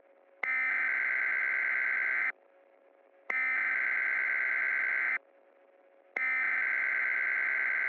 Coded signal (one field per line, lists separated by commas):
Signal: Emergency Alert System (SAME) tones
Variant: header bursts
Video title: The Dark Storm (EAS Scenario)